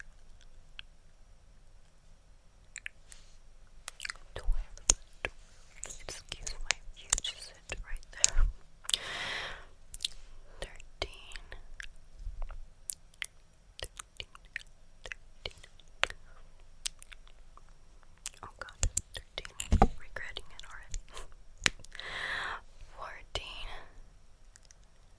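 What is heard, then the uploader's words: Wet mouth sounds with sticky lip smacks and small clicks, dense and irregular across the whole clip. Brief hissy bursts stand out near 9, 20 and 23 seconds. A low steady hum sits underneath. ASMR 100 Layers of Lipgloss ~Mouth Sounds, Lipgloss Sounds, Counting.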